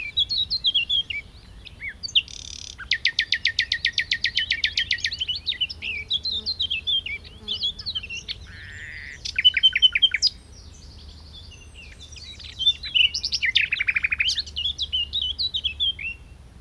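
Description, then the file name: Common nightingale song: whistles, a long fast buzzing rattle, then varied warbled phrases. "Luscinia megarhynchos"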